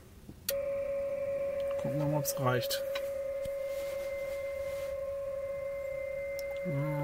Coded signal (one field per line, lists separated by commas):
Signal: PSK31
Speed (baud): 31.25 baud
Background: speech